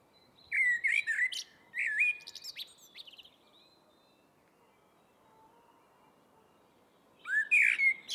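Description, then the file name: Eurasian blackbird singing fluty warbled phrases followed by rapid scratchy high notes, a silent pause of about four seconds, then another rich phrase. "Turdus merula"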